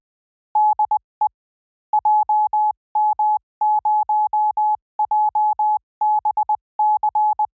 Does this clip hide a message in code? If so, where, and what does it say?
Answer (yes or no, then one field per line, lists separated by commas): yes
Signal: Morse code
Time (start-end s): 0.6-7.5 s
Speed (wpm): 20 wpm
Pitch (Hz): 850 Hz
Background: none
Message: DE JM0JBC